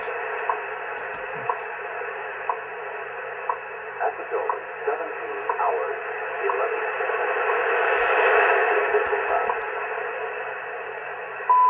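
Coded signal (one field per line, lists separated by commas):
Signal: radio time signal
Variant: WWV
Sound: faint ticks once a second under steady shortwave hiss, tone starting at end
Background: radio static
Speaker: the uh yeesu that has also shared antenna [Applause] 17 hours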